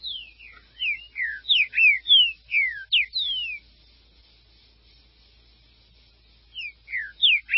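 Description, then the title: Green-winged saltator song: a lively burst of bright, slurred whistles, a silent gap of some three seconds, then the phrase begins again. "Trinca Ferro"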